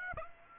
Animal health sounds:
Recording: mosquito wingbeat signal from an infrared sensor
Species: Aedes aegypti

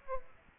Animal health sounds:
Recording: mosquito wingbeat signal from an infrared sensor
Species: Aedes aegypti

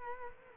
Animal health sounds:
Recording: mosquito wingbeat signal from an infrared sensor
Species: Culex quinquefasciatus

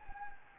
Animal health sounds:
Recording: mosquito wingbeat signal from an infrared sensor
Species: Anopheles gambiae

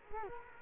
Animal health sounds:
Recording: mosquito wingbeat signal from an infrared sensor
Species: Culex quinquefasciatus

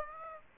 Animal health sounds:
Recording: mosquito wingbeat signal from an infrared sensor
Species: Aedes aegypti

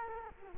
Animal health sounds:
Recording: mosquito wingbeat signal from an infrared sensor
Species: Culex quinquefasciatus

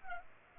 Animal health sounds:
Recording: mosquito wingbeat signal from an infrared sensor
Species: Culex pipiens

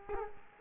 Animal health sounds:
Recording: mosquito wingbeat signal from an infrared sensor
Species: Culex quinquefasciatus

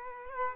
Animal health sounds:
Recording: mosquito wingbeat signal from an infrared sensor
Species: Culex quinquefasciatus

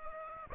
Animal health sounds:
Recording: mosquito wingbeat signal from an infrared sensor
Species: Aedes aegypti

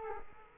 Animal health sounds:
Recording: mosquito wingbeat signal from an infrared sensor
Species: Culex quinquefasciatus

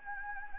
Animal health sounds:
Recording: mosquito wingbeat signal from an infrared sensor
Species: Anopheles gambiae

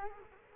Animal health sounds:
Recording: mosquito wingbeat signal from an infrared sensor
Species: Culex quinquefasciatus

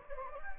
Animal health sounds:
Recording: mosquito wingbeat signal from an infrared sensor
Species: Anopheles gambiae

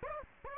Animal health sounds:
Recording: mosquito wingbeat signal from an infrared sensor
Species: Aedes aegypti

